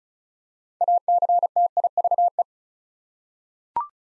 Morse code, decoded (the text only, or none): ACTIVE